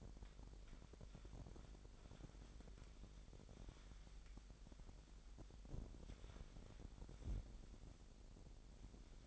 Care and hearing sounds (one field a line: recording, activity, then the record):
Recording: daily activity, microphone in the room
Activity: wipe stove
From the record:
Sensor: 5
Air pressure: 1000.9 hPa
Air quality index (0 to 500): 248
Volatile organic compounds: 35 ppm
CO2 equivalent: 3055 ppm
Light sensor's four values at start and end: 28/64/26/24 and 32/72/29/27